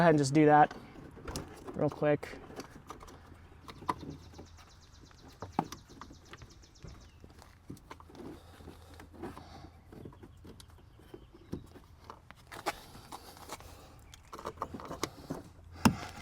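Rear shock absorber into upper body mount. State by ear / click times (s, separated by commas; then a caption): not seated / none. A new rear shock absorber is worked up into its upper body mount on a 2020–2025 Hyundai Palisade during a shock replacement, with scraping and small knocks throughout. Someone talks briefly at the start. Nothing has seated or clicked yet by the end of the clip.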